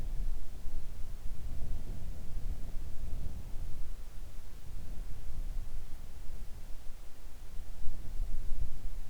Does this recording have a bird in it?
no